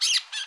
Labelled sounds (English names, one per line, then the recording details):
Brown-throated Parakeet contact call
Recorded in Curacao
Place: Hoffi Jan Thiel
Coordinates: 12.094, -68.877